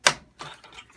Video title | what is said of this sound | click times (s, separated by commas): How To Remove The Ocean Reef Extender Frame | it in the center there and press down to you hear a snap and it | 0.1 s